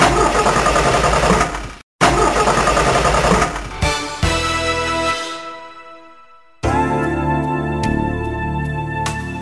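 A car engine runs loudly with a brief cutout, then stops suddenly and dies into silence before starting up again and running steadily with a rough, buzzing drone, in an advert for Prestolita spark plugs.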